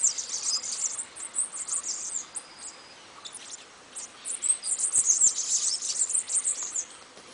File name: canto do sibite